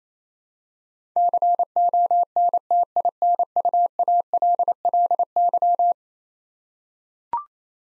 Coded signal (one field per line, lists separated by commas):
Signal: Morse code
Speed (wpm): 27 wpm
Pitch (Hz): 700 Hz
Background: none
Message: CONTINUALLY